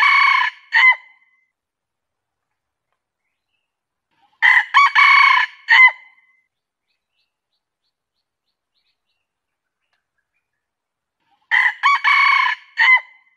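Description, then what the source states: Junglefowl crowing: three harsh multi-part crows spaced several seconds apart with silence between, the first cut off at its start. Male.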